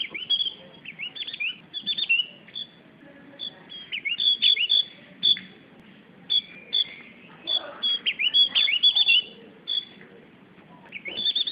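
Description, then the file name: Javan grey-throated white-eye song: bright, high chirped notes strung into quick phrases, repeated steadily with short breaks. "opiorjawa"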